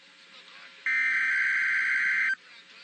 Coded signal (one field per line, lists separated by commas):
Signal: Emergency Alert System (SAME) tones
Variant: header bursts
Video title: Required Weekly Test [EAS #218]